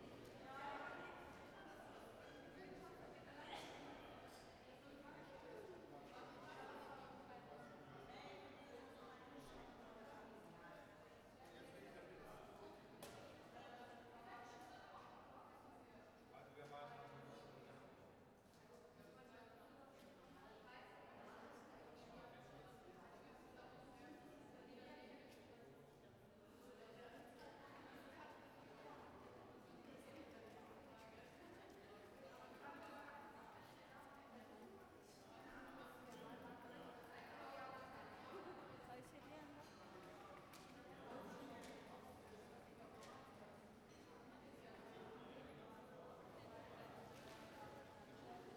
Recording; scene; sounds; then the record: everyday scene through a hearing-aid microphone; reverberant space; background noise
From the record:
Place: railway station hall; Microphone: behind the ear, right, rear